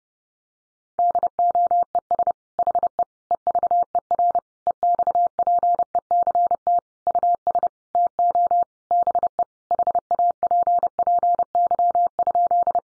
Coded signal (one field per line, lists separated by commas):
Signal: Morse code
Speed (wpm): 30 wpm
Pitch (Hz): 700 Hz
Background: none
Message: DOES HE EVER EXPECT US TO BE HAPPY?